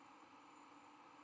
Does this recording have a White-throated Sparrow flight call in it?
no